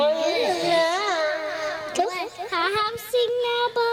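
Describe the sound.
A two-year-old boy fusses and whines in a high, wavering voice in a family living room, refusing to hand the microphone to his older sister who wants to sing a song; the pitch slides up and down in drawn-out complaining cries mixed with bits of babble, fairly loud throughout.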